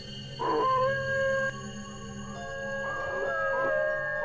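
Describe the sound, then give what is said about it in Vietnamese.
A dog outside in an alley lets out a long, drawn-out mournful howl, its wavering pitch rising and sliding over several seconds, sustained and fairly loud with no voices. “Giữa lúc đang tập trung lắng tai nghe thì từ ngoài ngõ, một tiếng chó tru dài thê thảm làm tôi giật mình.”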